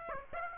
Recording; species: mosquito wingbeat signal from an infrared sensor; Aedes aegypti